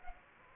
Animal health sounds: mosquito wingbeat signal from an infrared sensor; Anopheles gambiae

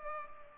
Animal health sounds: mosquito wingbeat signal from an infrared sensor; Culex pipiens

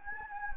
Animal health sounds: mosquito wingbeat signal from an infrared sensor; Anopheles gambiae

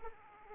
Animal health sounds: mosquito wingbeat signal from an infrared sensor; Aedes aegypti

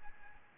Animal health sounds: mosquito wingbeat signal from an infrared sensor; Aedes albopictus

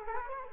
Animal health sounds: mosquito wingbeat signal from an infrared sensor; Culex quinquefasciatus

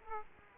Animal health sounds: mosquito wingbeat signal from an infrared sensor; Aedes aegypti

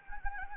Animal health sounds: mosquito wingbeat signal from an infrared sensor; Anopheles gambiae

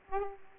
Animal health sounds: mosquito wingbeat signal from an infrared sensor; Aedes aegypti

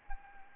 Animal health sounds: mosquito wingbeat signal from an infrared sensor; Anopheles gambiae

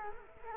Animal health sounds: mosquito wingbeat signal from an infrared sensor; Culex quinquefasciatus

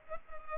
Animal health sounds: mosquito wingbeat signal from an infrared sensor; Culex pipiens

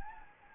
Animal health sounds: mosquito wingbeat signal from an infrared sensor; Anopheles gambiae

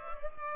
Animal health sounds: mosquito wingbeat signal from an infrared sensor; Culex pipiens

